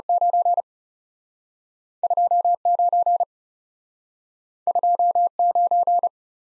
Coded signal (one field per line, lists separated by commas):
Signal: Morse code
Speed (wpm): 42 wpm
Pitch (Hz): 700 Hz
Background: none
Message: 9 2 9 2 9